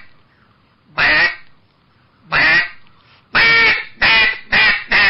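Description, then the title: Eastern Spot-billed Duck quacking: two loud, harsh, separate quacks, then four quicker quacks in close succession near the end. At Baiyangdian; the duck is nicknamed 水上漂, 'water-skimmer', for its skill on the water. "家住白洋淀——我的观鸟笔记 功夫了得的“水上漂”斑嘴鸭"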